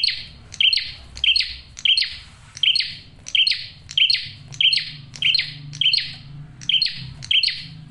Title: Masteran Duet Cililin Vs Kapas Tembak. PRENJAK JANTAN GACOR SUARA JERNIH, RAPET. " COCOK UNTUK PIKAT MAUPUN PANCINGAN BETINA "